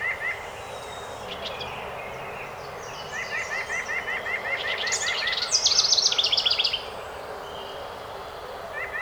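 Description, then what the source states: House wren: small songbird's bubbly, rattling trill of about a second, preceded by a long string of repeated, evenly spaced chirps at a lower pitch. Recorded 12 May 2018.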